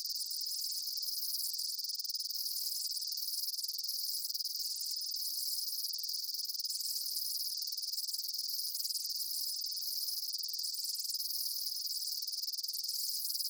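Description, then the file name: Insects in a steady, high-pitched shimmering chorus, brief lower pulses returning about every two seconds throughout; nothing else audible. Summer afternoon in a field. "Summer Afternoon In a Field With Insects"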